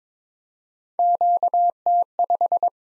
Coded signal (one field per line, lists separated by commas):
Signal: Morse code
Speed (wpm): 22 wpm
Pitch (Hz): 700 Hz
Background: none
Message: QT5